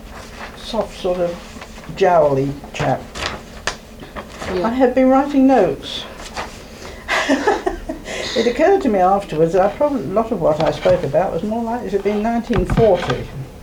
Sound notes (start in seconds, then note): 3.2 paper being rustled; 7.0 laughs